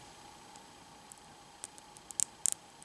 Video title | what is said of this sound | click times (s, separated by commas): S.H.Figuarts Vegeta Figure Review!!! | there you go you're going to see that it clicks right in like that so | 2.2 s, 2.5 s